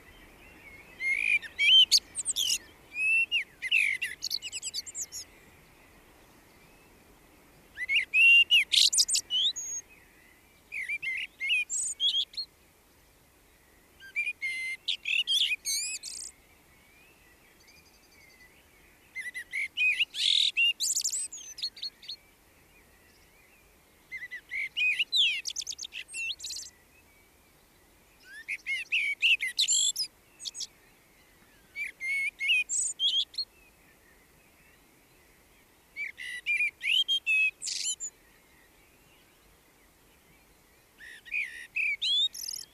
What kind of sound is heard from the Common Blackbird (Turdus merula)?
song